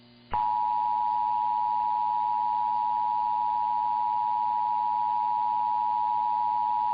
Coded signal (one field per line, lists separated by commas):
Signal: Emergency Alert System (SAME) tones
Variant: 853 and 960 Hz attention tone